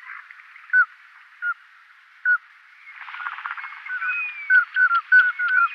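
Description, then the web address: Common scoter, a few spaced descending whistles, then a busier chorus of piping notes. Males. "Schulze Peter Common Scoter males"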